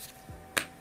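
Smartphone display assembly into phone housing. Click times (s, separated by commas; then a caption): 0.6 s. An iPhone 6s display assembly, angled in at the back, is pressed down so its clips snap into the aluminium housing. A faint low thump comes at about 0.3 seconds, then a sharp, bright click at 0.6 seconds. The screen is seated in the frame.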